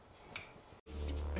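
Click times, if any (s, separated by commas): 0.4 s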